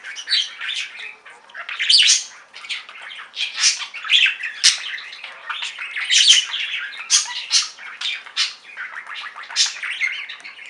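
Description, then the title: Budgerigar giving a steady stream of squawky chirps and warbled notes, nearly without a break. "Budgie Sounds"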